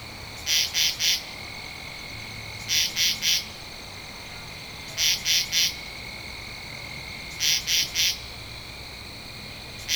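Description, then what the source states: Katydid giving rasping calls in sets of three short, scratchy pulses, each set returning roughly every two and a half seconds against a quiet background. Recorded 2 October 2012.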